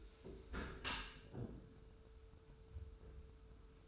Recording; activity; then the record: daily activity, microphone in the room; close dishwasher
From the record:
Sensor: 2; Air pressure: 1014.8 hPa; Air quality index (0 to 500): 26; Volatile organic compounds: 1 ppm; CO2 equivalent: 506 ppm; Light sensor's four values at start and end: 9/22/9/9 and 9/22/9/9